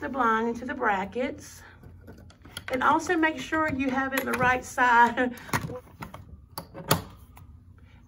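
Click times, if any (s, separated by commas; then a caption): 6.9 s. Someone talks while a window blind is set into its mounting brackets, followed by a few small clicks and taps. At 6.9 s a sharp snap is heard as the bracket latch pops back down over the blind's headrail, and the blind is seated.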